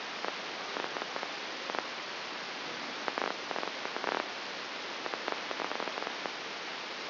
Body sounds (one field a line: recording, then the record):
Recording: brain microelectrode recording played as sound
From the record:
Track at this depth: outside the subthalamic nucleus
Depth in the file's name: 8.06 mm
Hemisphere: left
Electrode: 2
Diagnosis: Parkinson's disease